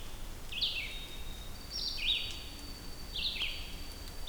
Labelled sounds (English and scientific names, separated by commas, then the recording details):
Red-eyed Vireo (Vireo olivaceus) song
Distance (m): 30 m
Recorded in boreal forest in Alberta, Canada, on 2 June 2016 at 07:55
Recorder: SongMeter 3, array SBT-3-7
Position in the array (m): 81 m, 138 m